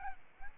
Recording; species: mosquito wingbeat signal from an infrared sensor; Aedes albopictus